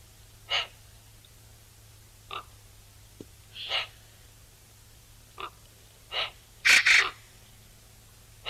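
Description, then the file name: Eurasian magpie giving harsh, rasping single calls spaced a second or two apart, ending with a louder double rasp, over faint steady background hiss. "Pica pica"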